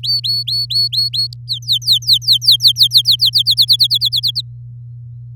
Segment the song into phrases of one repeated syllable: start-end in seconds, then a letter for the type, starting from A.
0.03-1.27 A, 1.47-3.30 B, 3.33-4.41 C